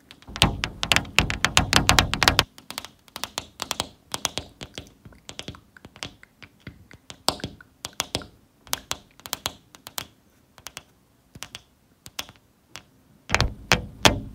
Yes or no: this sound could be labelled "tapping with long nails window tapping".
yes